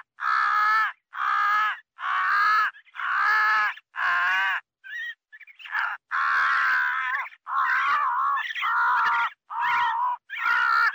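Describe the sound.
Crow giving loud rasping caws in a run, broken midway by a few short, higher clipped notes before the long caws resume.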